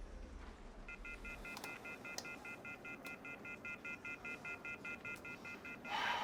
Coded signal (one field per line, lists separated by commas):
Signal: telephone call progress tone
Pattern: off-hook warning tone